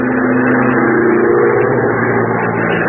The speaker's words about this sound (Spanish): La pequeña avioneta trazaba un círculo volando sobre los volcanes.